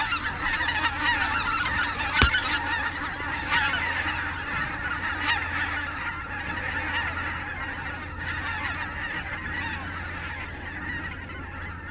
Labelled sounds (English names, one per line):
Greater White-fronted Goose call